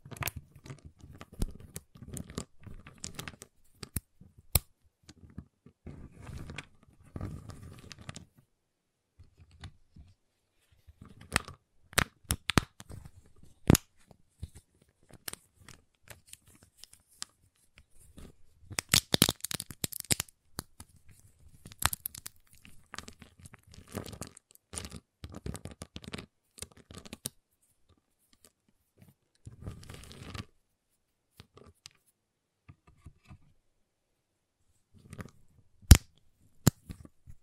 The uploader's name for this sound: Giant Chocolate Bar Tapping, Cutting, Snapping Sounds